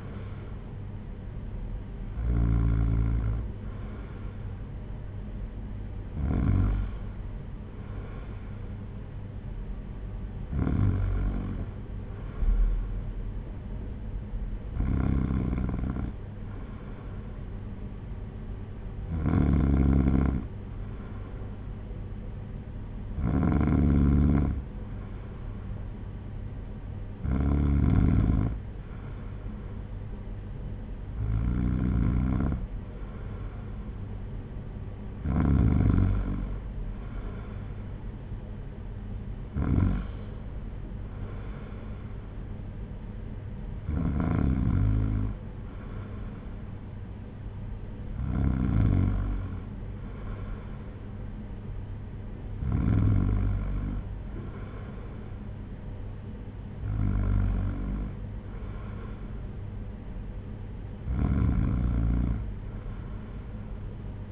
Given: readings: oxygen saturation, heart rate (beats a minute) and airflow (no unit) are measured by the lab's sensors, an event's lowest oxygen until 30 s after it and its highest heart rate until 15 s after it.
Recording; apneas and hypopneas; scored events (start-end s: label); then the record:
breathing in sleep by a smartphone at the bedside; none
none scored
From the record:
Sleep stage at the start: N2 (light sleep); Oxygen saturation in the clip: 93 to 94%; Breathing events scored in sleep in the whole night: 226 in 8.8 hours asleep